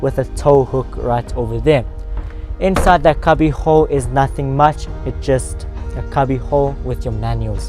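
A man talks over background music while handling the glovebox lid, the cubby hole with the manuals inside, in the dashboard of a Toyota Quantum Sesifikile van. Nothing has latched or clicked yet; the clip ends just before the lid shuts.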